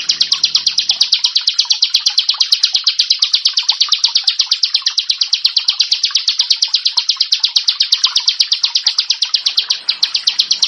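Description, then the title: Bar-winged prinia pouring out a long, regular, rapid sequence of shrill, clipped notes without breaks. "Ciblek Sawah 1"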